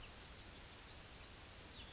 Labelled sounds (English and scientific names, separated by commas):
Yellowhammer (Emberiza citrinella) song